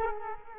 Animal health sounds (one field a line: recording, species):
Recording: mosquito wingbeat signal from an infrared sensor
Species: Culex quinquefasciatus